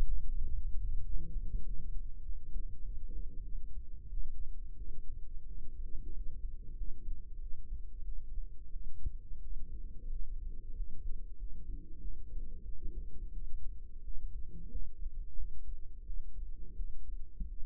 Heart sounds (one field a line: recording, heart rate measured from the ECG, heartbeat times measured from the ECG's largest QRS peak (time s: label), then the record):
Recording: heart sounds by microphone in the right ear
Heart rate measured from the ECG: 91 bpm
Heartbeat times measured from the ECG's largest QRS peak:
0.43 s: heartbeat
1.04 s: heartbeat
1.65 s: heartbeat
2.24 s: heartbeat
2.83 s: heartbeat
3.44 s: heartbeat
4.09 s: heartbeat
4.77 s: heartbeat
5.46 s: heartbeat
6.13 s: heartbeat
6.76 s: heartbeat
7.39 s: heartbeat
8.04 s: heartbeat
8.72 s: heartbeat
9.41 s: heartbeat
10.10 s: heartbeat
10.74 s: heartbeat
11.37 s: heartbeat
12.00 s: heartbeat
12.64 s: heartbeat
13.33 s: heartbeat
14.03 s: heartbeat
14.70 s: heartbeat
15.36 s: heartbeat
16.05 s: heartbeat
16.76 s: heartbeat
17.48 s: heartbeat
From the record:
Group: healthy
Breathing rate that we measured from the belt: 14 breaths a minute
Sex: female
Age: 22 years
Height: 161 cm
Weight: 65.5 kg